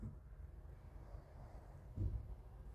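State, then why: Not seated. A plastic safety eye post is set between the double crochet stitches of a crocheted amigurumi piece, with the backing washer still to be pushed on afterwards. Low rumbling handling noise fills the clip, with a brief louder thump near 2.0 s. Nothing has seated or clicked yet.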